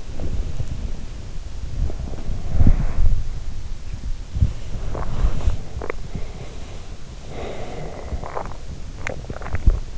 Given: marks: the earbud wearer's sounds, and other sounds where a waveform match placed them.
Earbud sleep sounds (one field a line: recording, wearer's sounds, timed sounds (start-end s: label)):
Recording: sounds in sleep by an in-ear microphone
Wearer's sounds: body movement, breath, swallowing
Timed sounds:
0.00-6.29 s: body movement
6.09-8.11 s: breath
8.23-9.89 s: swallowing